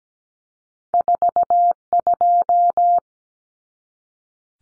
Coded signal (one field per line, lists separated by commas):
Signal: Morse code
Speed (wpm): 17 wpm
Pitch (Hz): 700 Hz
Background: none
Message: 42